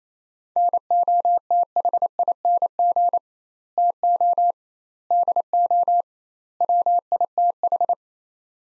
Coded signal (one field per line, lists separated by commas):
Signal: Morse code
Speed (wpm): 28 wpm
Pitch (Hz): 700 Hz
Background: none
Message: NOTHING TO DO WITH